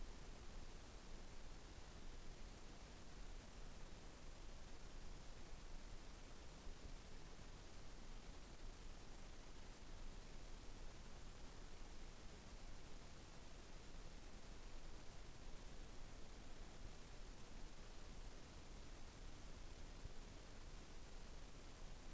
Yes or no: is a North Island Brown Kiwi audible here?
no